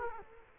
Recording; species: mosquito wingbeat signal from an infrared sensor; Culex quinquefasciatus